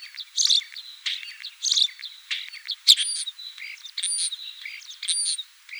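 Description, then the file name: Common starling giving a jumble of squeaky whistles, clicks and sharp high notes. "Sturnus vulgaris"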